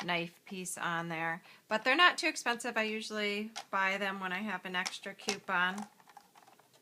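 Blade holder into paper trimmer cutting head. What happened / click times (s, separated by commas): The blade holder is handled but not yet seated / none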